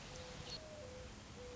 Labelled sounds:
Mourning Dove (Zenaida macroura)
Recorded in Sonoma County, California

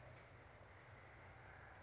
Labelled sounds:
California Towhee (Melozone crissalis)
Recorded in Sonoma County, California

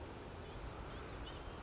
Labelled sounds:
Blue-gray Gnatcatcher (Polioptila caerulea)
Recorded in Sonoma County, California

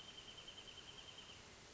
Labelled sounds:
Wrentit (Chamaea fasciata)
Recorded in Sonoma County, California

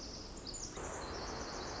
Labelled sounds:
Pacific Wren (Troglodytes pacificus)
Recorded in Sonoma County, California

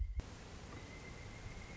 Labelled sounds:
Pileated Woodpecker (Dryocopus pileatus)
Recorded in Sonoma County, California

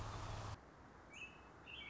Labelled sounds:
American Robin (Turdus migratorius)
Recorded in Sonoma County, California

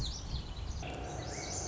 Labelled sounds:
Lazuli Bunting (Passerina amoena)
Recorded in Sonoma County, California

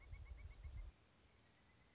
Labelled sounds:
Pileated Woodpecker (Dryocopus pileatus)
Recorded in Sonoma County, California

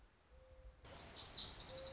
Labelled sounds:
Mourning Dove (Zenaida macroura)
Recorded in Sonoma County, California

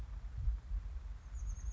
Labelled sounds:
Chestnut-backed Chickadee (Poecile rufescens)
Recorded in Sonoma County, California

